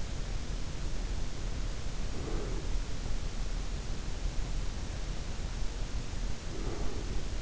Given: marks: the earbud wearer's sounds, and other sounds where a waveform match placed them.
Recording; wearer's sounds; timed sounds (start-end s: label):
sounds in sleep by an in-ear microphone; breath
1.83-2.99 s: breath
6.10-7.42 s: breath